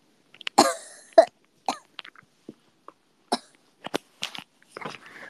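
An adult has an irregular run of about nine sharp coughs and throat-clearing bursts over five seconds, some stronger than others, with short gaps between them. It sounds like a spluttering coughing fit from choking.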